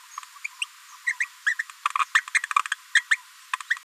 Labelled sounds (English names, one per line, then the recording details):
Green-rumped Parrotlet babbling
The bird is a female
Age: 27 days
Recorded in a nest box in Venezuela
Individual 17B73B2